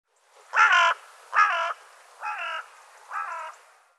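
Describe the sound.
Bird giving four harsh, nasal caw-like calls, evenly spaced, the later two softer.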